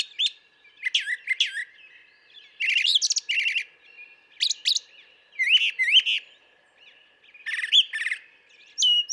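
Brown thrasher song: loud, varied chirping and buzzy phrases, most given twice in quick pairs, with short pauses between each doubled phrase over about nine seconds.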